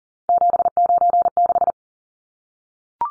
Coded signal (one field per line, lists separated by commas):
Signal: Morse code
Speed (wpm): 40 wpm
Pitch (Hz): 700 Hz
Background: none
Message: 796